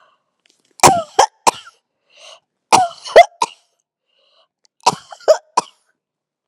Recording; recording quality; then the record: heavy voluntary cough; excellent, no background noise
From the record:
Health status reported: healthy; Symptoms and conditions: hypertension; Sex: female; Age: 55 years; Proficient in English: yes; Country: United States